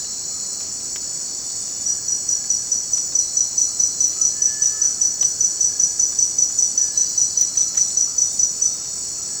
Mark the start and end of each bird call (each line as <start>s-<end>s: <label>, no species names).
1.89s-2.71s: bird call
4.17s-5.15s: bird call
5.41s-8.95s: bird call